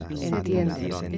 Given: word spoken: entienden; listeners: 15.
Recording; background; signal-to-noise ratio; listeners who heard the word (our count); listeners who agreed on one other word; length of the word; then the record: one Spanish word in noise, from a listening test; four-talker babble; 0.4 dB; 0 of 15; 7 of 15; 0.78 s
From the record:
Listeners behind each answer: 7, 6, 1, 1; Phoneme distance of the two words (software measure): 10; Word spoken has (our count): 3 syllables, 9 phonemes, stress on syllable 2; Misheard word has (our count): 3 syllables, 9 phonemes, stress on syllable 2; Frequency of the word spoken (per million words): 11.01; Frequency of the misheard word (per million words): 7.74